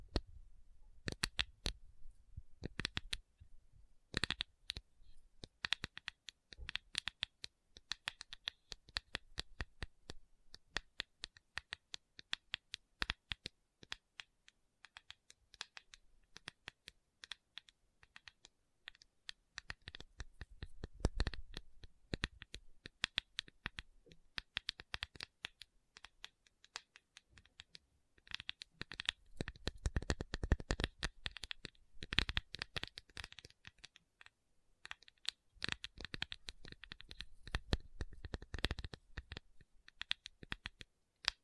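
A tapping session with no talking: dense, fast clusters of crisp taps and clicks, bright and papery, with some low thuds mixed in. Bursts come and go, thinning out around 14–19 seconds, then picking up again into thick flurries near 21, 29–31 and 38 seconds.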